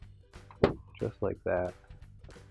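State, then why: Seated. A Kenmore washer's control panel is tilted slightly forward and pushed onto the washer top/console mount during a WPW10008880 counterweight replacement. A sharp knock at 0.6 s marks the panel locking into place, and someone talks around it.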